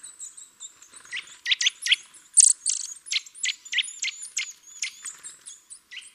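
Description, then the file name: Eurasian nuthatch calling: a quick series of sharp, emphatic notes in irregular bursts, over a backdrop of faint, very high twittering. "Sitta europaea"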